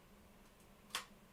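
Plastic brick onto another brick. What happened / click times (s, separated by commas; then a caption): A small plastic piece snaps into place / 0.9 s. A plastic LEGO brick is pressed onto another brick while building a Classic Space set, the Cosmic Fleet Voyager. A single sharp, bright click sounds at 0.9 s over a quiet background, and the brick seats into place.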